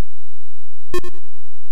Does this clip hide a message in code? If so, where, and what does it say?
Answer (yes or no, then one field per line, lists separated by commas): no